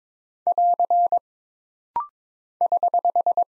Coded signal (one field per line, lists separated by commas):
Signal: Morse code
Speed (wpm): 22 wpm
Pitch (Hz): 700 Hz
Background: none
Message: <AR> <HH>